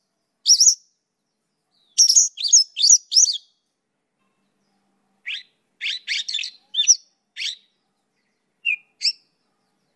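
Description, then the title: Songbird song: sparse bursts of sharp, high chirps, a few quick clusters with long silent gaps between them. Master song for training songbirds. "Burung Masteran"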